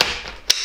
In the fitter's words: она защелкиваются видите очень